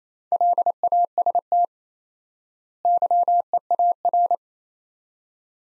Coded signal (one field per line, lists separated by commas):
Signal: Morse code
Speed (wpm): 27 wpm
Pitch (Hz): 700 Hz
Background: none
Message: LAST YEAR